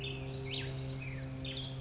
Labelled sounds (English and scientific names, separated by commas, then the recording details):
Chestnut-backed Chickadee (Poecile rufescens)
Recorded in Sonoma County, California